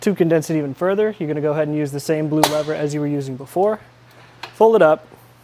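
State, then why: Not seated. Someone talks while a RockyMounts GuideRail 2-bike platform hitch rack on a 2021 Jeep Grand Cherokee is handled, using the same blue lever to fold it up so its folding latch can lock the frame upright. A brief sharp noise cuts through the speech near 2.4 s. The clip ends before the rack is home, and nothing has seated or clicked yet.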